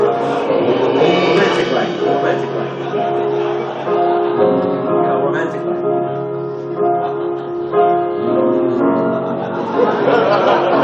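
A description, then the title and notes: A large audience hums together in a big hall, a dense, steady wash of sustained pitched voices that shifts notes every few seconds. The whole audience hum along his song.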